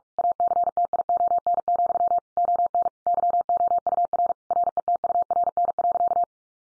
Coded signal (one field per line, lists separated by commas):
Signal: Morse code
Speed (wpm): 44 wpm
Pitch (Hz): 700 Hz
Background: none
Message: ACTION, ON YOUR RETURN.